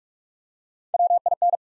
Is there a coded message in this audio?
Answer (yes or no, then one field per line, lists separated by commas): yes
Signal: Morse code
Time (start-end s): 0.9-1.6 s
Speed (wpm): 44 wpm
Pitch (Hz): 700 Hz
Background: none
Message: W I N